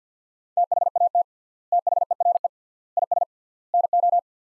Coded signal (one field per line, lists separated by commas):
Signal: Morse code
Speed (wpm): 50 wpm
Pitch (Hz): 700 Hz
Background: none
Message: THAT THERE IS NO